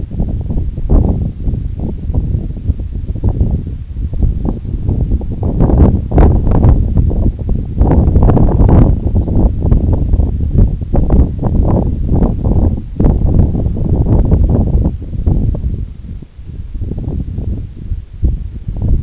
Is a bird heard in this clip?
no